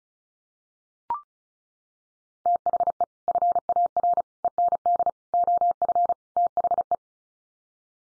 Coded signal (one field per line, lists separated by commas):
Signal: Morse code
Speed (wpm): 34 wpm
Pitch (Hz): 700 Hz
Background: none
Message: THE FAR END OF THE